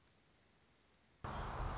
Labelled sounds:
Nuttall's Woodpecker
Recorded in Sonoma County, California

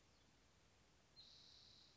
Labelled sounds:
Spotted Towhee
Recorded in Sonoma County, California

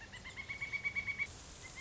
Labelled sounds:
Pileated Woodpecker
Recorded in Sonoma County, California

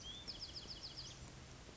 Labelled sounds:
Bewick's Wren
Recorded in Sonoma County, California

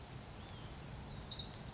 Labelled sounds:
Orange-crowned Warbler
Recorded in Sonoma County, California

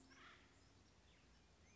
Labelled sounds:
Acorn Woodpecker
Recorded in Sonoma County, California

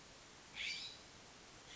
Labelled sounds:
California Scrub-Jay
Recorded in Sonoma County, California

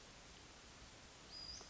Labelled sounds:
Western Flycatcher
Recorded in Sonoma County, California

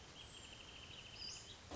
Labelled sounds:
Wrentit
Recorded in Sonoma County, California

